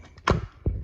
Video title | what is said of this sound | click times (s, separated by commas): Broken Traxxas Stampede, won’t run or steer. Can we fix it? | You can hear it kind of snap into place. | 0.3 s